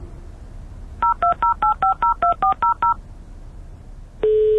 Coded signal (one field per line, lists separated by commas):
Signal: DTMF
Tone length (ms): 130 ms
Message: 0208502400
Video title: 'The world's first radio spot that can dial a phone' -demonstration video-